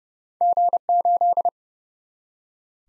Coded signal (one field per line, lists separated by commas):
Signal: Morse code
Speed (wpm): 30 wpm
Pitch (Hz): 700 Hz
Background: none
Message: G8